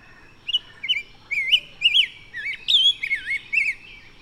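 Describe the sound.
Bird singing a lively series of bright whistled notes, each bending up or down, delivered in a quick, uneven string.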